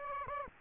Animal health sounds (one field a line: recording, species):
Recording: mosquito wingbeat signal from an infrared sensor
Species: Aedes aegypti